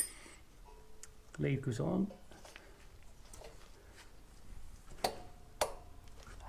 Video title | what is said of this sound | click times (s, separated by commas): How to service your lawnmower Briggs & Stratton 300E, 450E and 500E | to hear a good positive click off the metal spring bracket there that's | 5.6 s